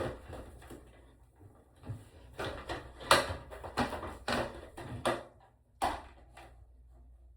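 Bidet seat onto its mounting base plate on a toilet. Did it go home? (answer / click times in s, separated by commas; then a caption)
yes / 3.1 s. A Brondell eco seat 101 bidet seat is pushed down onto its plastic mounting base on a toilet, with scraping and knocking as it is positioned. A sharp snap at 3.1 s marks the seat seating in place and sitting flush, followed by more knocks, including one near 5.1 s.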